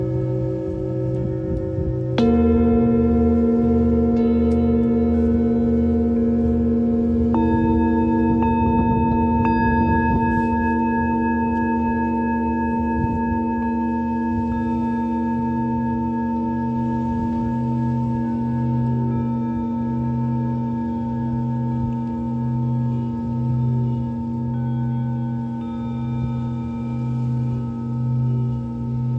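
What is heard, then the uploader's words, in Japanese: Singing bowls ring in long, steady overlapping tones, with new bowls struck near two and seven seconds, a low throbbing hum underneath throughout. メキシコから シンギングボウルのサウンドヒーリング ライブ。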